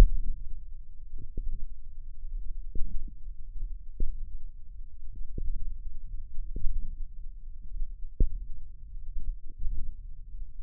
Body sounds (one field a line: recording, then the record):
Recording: forearm muscle sounds (acoustic myography)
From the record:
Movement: thumb flexion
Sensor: system 1, eight BSWA MPA416 microphones around the upper forearm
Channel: 8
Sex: male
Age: 20 years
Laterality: left